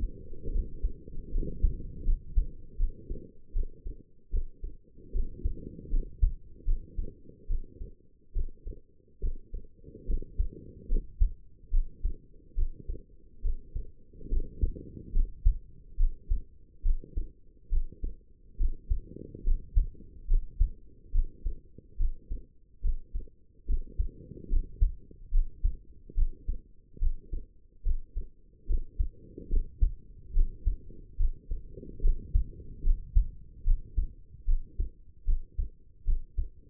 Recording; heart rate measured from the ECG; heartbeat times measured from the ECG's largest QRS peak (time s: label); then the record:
heart sounds by stethoscope; 73 bpm
0.51 s: heartbeat
1.31 s: heartbeat
2.04 s: heartbeat
2.77 s: heartbeat
3.52 s: heartbeat
4.30 s: heartbeat
5.11 s: heartbeat
5.90 s: heartbeat
6.65 s: heartbeat
7.47 s: heartbeat
8.32 s: heartbeat
9.20 s: heartbeat
10.06 s: heartbeat
10.88 s: heartbeat
11.70 s: heartbeat
12.54 s: heartbeat
13.41 s: heartbeat
14.28 s: heartbeat
15.12 s: heartbeat
15.96 s: heartbeat
16.82 s: heartbeat
17.69 s: heartbeat
18.57 s: heartbeat
19.43 s: heartbeat
20.27 s: heartbeat
21.11 s: heartbeat
21.97 s: heartbeat
22.81 s: heartbeat
23.66 s: heartbeat
24.48 s: heartbeat
25.31 s: heartbeat
26.14 s: heartbeat
26.98 s: heartbeat
27.82 s: heartbeat
28.66 s: heartbeat
29.49 s: heartbeat
30.32 s: heartbeat
31.16 s: heartbeat
32.01 s: heartbeat
32.82 s: heartbeat
33.63 s: heartbeat
34.45 s: heartbeat
35.24 s: heartbeat
36.04 s: heartbeat
From the record:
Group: healthy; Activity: rest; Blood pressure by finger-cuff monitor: 97/65 mmHg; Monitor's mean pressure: 75 mmHg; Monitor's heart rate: 72 bpm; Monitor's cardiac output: 5.3 L/min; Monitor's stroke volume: 75 mL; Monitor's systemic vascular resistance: 1000 dyn s/cm5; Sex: female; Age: 22 years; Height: 160 cm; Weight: 45 kg